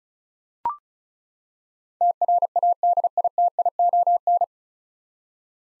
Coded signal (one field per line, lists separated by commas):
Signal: Morse code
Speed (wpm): 34 wpm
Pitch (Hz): 700 Hz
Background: none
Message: TRADITION